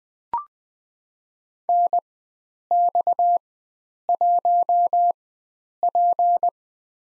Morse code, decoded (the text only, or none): NX1P